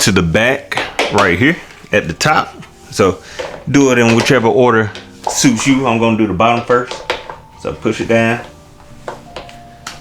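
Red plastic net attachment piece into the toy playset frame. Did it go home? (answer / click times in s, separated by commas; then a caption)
yes / 9.9 s. Someone talks while pushing the red plastic net attachment piece down onto the bottom of a VTech Smart Shots Sports Center playset frame. A few sharp plastic knocks come just after 9 s, and the piece clicks into the frame at 9.9 s, seated.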